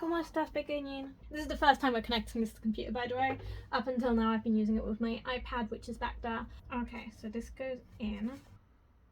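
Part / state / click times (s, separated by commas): tool housing into craft cutting machine carriage / not seated / none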